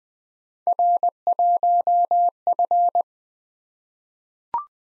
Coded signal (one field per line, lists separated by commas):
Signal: Morse code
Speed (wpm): 20 wpm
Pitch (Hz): 700 Hz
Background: none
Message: R1F